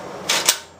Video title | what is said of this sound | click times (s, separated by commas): Survival Stove -Comparison Single Burner | lock the fuel in place didn't turn it on | 0.3 s, 0.5 s